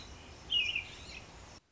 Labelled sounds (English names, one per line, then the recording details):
American Robin
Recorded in Sonoma County, California